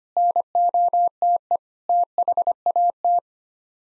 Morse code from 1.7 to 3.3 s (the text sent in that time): THAT